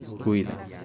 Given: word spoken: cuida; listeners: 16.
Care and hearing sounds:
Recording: one Spanish word in noise, from a listening test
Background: eight-talker babble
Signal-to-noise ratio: 12.6 dB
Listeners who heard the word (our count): 3 of 16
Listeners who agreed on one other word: 6 of 16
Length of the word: 0.44 s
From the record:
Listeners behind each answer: 6, 4, 3, 1, 1, 1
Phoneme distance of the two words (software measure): 20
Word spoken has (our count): 2 syllables, 5 phonemes, stress on syllable 1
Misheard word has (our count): 2 syllables, 5 phonemes, stress on syllable 1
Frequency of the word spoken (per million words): 5.57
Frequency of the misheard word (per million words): 46.31

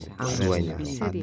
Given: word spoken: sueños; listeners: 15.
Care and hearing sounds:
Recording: one Spanish word in noise, from a listening test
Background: four-talker babble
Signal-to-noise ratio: 0.2 dB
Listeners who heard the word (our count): 0 of 15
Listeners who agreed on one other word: 7 of 15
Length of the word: 0.83 s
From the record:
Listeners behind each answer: 7, 5, 2, 1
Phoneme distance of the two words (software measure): 7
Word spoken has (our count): 2 syllables, 6 phonemes, stress on syllable 1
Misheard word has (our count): 2 syllables, 5 phonemes, stress on syllable 1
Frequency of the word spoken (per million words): 45.95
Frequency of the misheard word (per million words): 104.51

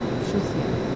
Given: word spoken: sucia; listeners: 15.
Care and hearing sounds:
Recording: one Spanish word in noise, from a listening test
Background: speech-shaped noise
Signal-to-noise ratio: -4.2 dB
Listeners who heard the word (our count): 5 of 15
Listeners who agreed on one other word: 8 of 15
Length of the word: 0.55 s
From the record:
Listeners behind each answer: 8, 5, 2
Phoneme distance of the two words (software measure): 10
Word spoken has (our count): 2 syllables, 5 phonemes, stress on syllable 1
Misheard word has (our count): 2 syllables, 5 phonemes, stress on syllable 1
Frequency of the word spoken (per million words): 12.93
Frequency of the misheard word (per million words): 11.27

